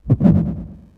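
An adult heartbeat: a single low-pitched lub-dub, two dull thumps in quick succession that fade away.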